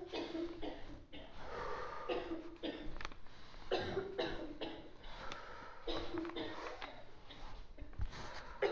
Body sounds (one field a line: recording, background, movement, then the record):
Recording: deep breathing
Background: a bystander coughing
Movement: walking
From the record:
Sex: male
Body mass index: 20.6 kg/m2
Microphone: on the chest, facing outward